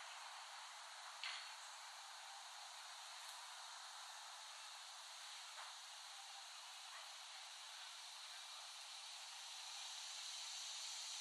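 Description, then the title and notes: Continuous high cicada buzz, fairly soft, with a few brief clicks and a slight rise in loudness near the end. Cicadas recorded by Dan Bodah in West Brighton, Staten Island, in late summer 2008. "Dronecast No. 021: The Cicadas of Summer. Recording of cicadas made by Dan Bodah in West Brighton, Staten Island, late summer 2008"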